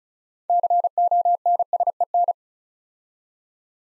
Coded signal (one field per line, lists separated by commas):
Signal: Morse code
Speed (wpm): 36 wpm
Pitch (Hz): 700 Hz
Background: none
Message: CONSEN